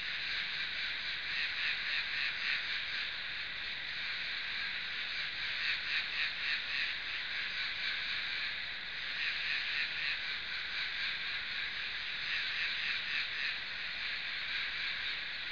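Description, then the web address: Insect giving a continuous high, rasping buzz with a fast pulsing texture, steady throughout with slight swells in loudness. "昆虫声音素材"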